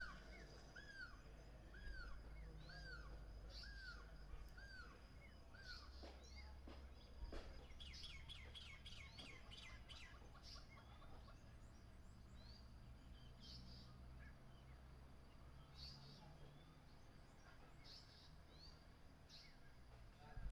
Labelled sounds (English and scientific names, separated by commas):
Great Spotted Cuckoo (Clamator glandarius)